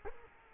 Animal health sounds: mosquito wingbeat signal from an infrared sensor; Culex quinquefasciatus

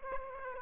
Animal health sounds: mosquito wingbeat signal from an infrared sensor; Aedes aegypti

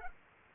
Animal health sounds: mosquito wingbeat signal from an infrared sensor; Culex quinquefasciatus

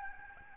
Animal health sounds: mosquito wingbeat signal from an infrared sensor; Aedes albopictus

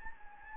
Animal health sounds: mosquito wingbeat signal from an infrared sensor; Anopheles gambiae

